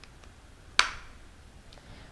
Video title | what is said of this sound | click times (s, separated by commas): Assembling The Carestream Dental CS3800 Wireless Intraoral Scanner | once we hear that audible click I know that my scanning tip is fully attached | 0.8 s